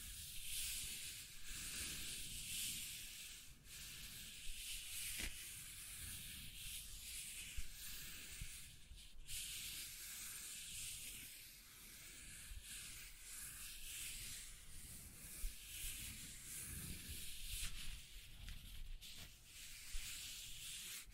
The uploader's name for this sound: Scratching and Tracing Sounds